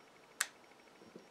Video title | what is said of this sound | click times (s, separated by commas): NEW HD QUAD CAM | know if you where'd that click but it clicks into place and now it's locked in quite tight again | 0.4 s